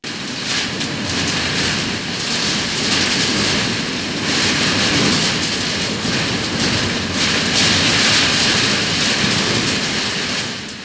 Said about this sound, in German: Daher habe ich den Rekorder nochmals aufgestellt, diesmal indoor auf dem Speicher unter dem Dach. Auch hier wird sich niemand mehrere Stunden Wind anhören wollen, deshalb habe ich einen kurzen Part herausgeschnitten und der klingt so.